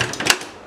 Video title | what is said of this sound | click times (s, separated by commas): How to Knead Dough/ Atta in Food Processor - EASY AND QUICK WAY | इसका मतलब ये हमारा अब लॉक हो गया | 0.3 s